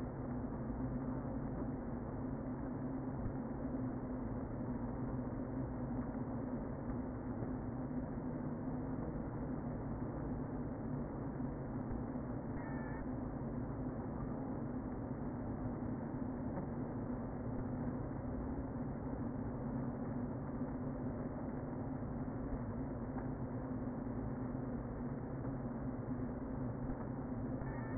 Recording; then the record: honeybee colony, microphone inside the hive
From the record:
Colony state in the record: queen present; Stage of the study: before two queens were removed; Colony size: about 60,000 bees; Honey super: yes